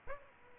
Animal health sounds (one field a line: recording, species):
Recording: mosquito wingbeat signal from an infrared sensor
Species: Aedes aegypti